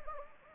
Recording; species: mosquito wingbeat signal from an infrared sensor; Anopheles gambiae